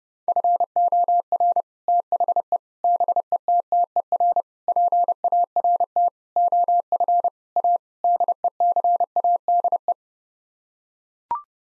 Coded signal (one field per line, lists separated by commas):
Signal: Morse code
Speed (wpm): 30 wpm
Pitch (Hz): 700 Hz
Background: none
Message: FOR THE BETTER PART OF A DECADE